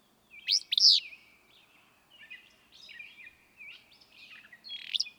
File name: Willow Flycatcher